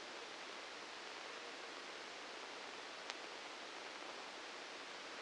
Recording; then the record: brain microelectrode recording played as sound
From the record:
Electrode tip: outside the subthalamic nucleus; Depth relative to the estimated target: -4 mm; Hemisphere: left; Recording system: NeuroSet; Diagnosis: Parkinson's disease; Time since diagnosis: 9 years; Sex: male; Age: 56 years